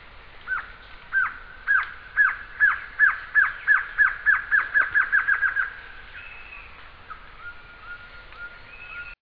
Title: LuckyPassaro Completos2Sama. Glossy Antshrike (Sakesphorus luctuosus)